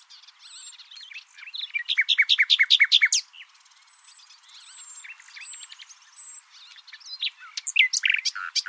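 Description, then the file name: Common nightingale song: a burst of rapid repeated notes, then high thin whistles and varied softer phrases, ending with loud sweeping notes. "Luscinia megarhynchos"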